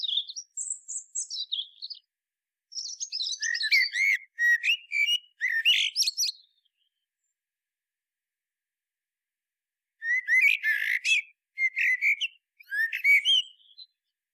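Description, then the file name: Common blackbird song: a rising and falling high whistle, then two long phrases of mellow fluty warbling mixed with sharp high twitters, separated by a pause of several seconds. "Turdus merula"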